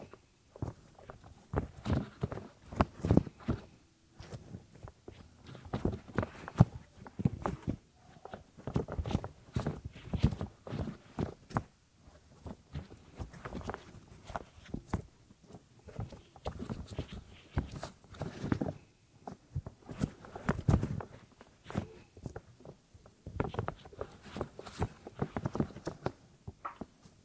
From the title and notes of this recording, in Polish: CZYSZCZENIA USZU ASMR po polsku.